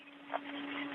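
After the space station airlock hatch is closed, a spacewalker turns the hatch latch with a hatch tool until it stops hard. Over a steady, band-limited radio hum, a short, sharp click lands at 0.4 s. The latch is confirmed seated, clicked home.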